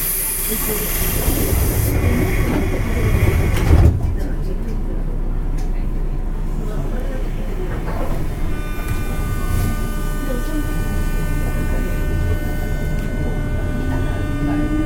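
Running noise aboard a JR West 201 series train on the Osaka Loop Line, a steady low rumble throughout. A bright hiss fades out near the four-second mark with a brief thump, then thin steady tones emerge around eight seconds and hold to the end.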